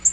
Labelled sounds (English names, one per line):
Black-throated Green Warbler flight call